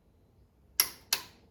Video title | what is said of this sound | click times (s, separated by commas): Awesome Spark Plug Kit! 3/8" Torque Wrench Review - GOYOJO | hear that click that means you've hit the set torque and you need to back off on it | 0.8 s